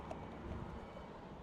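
A plastic bottom cap is handled against a Bainbridge tank stand float valve assembly while being refitted, with a steady low rumble and a brief soft tap near 0.1 s. Nothing has seated or clicked in yet.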